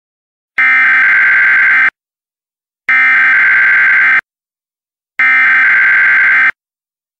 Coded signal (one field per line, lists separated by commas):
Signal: Emergency Alert System (SAME) tones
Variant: header bursts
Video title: EAS Severe Thunderstorm Warning (KY, Wayne, WV, and Lawrence, OH Counties)